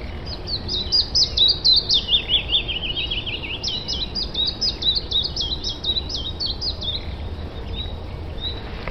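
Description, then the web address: Willow warbler song: two phrases of quick, sweet notes, the first sliding down the scale, over steady low background noise. "juliahome images fitiszilp"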